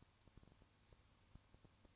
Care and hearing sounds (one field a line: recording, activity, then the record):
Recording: daily activity, microphone in the room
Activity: no activity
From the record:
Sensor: 2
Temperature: 20.3 degrees Celsius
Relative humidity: 35.6%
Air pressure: 1000.9 hPa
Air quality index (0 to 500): 197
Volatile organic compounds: 5 ppm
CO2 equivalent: 1736 ppm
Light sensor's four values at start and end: 2/3/2/2 and 2/3/2/2